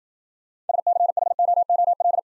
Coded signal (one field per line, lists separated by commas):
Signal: Morse code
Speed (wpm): 53 wpm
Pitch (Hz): 700 Hz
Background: none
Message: SCHOOL